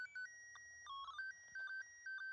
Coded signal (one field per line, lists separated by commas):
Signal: SSTV (slow-scan television)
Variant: PD 120